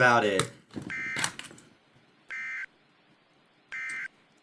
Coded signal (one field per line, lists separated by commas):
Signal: Emergency Alert System (SAME) tones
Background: speech